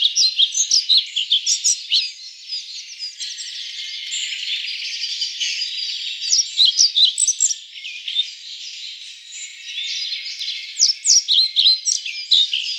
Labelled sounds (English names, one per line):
European Pied Flycatcher song